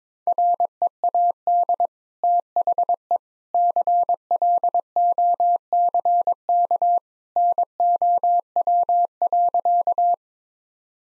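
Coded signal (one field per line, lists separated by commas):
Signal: Morse code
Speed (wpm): 22 wpm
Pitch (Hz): 700 Hz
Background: none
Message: READ THE CLOCK NOW.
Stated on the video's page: Morse code practice sentences at 22 WPM with contextual hints.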